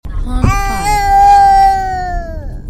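A single short, sustained infant cry of about two seconds, with a clear tonal wail that rises briefly and then slowly falls in pitch as it fades. An ordinary short baby cry, a sound effect.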